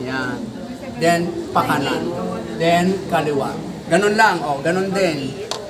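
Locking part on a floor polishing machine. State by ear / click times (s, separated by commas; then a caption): not seated / none. A locking part on a floor polishing machine is being turned right and then left by hand while a man talks. Nothing has seated or clicked yet; the clip ends before the part locks in place.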